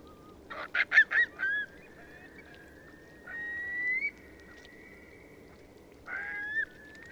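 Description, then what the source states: Eurasian curlew calls: a burst of harsh, clipped notes, then a long clear whistle that rises slightly and holds, with a brief harsh call near the end. A flock of Eurasian curlews taking off.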